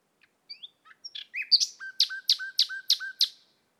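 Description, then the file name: Common nightingale song: soft scattered notes build into a loud run of sharp repeated strokes, most with a low whistled tail, on a silent background. "Luscinia megarhynchos"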